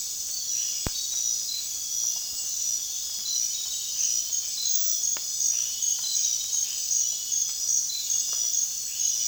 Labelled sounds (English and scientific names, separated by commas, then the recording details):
none
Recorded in dense forest near Puerto Asís, Putumayo, Colombia, on 19 June 2025 at 00:00
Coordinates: 0.466, -76.327
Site GP04